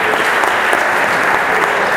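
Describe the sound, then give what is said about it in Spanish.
A crowd claps steadily and densely, a loud continuous wash of many hands applauding with no pauses throughout. “Fuerte el aplauso para ellos.”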